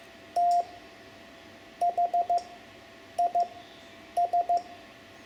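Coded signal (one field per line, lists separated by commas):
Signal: Morse code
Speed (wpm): 14 wpm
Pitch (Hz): 700 Hz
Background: none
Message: THIS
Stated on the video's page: Hand-sent Morse lesson teaching numbers 5 to 9 for amateur radio learners.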